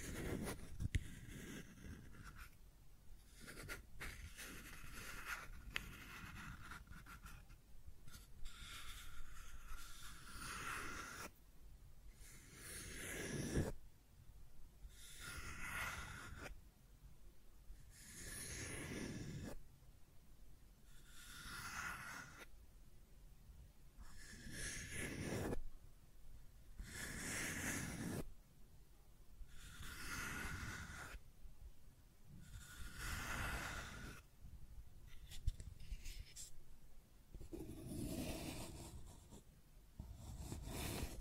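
Scratching and tracing sounds come in repeated rough strokes about every two to three seconds, each a bright scraping rush over a quiet low rumble.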